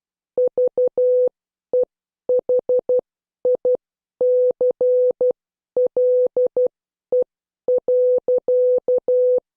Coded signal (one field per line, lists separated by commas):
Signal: Morse code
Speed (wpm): 12 wpm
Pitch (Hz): 500 Hz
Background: none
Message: VEHICLE.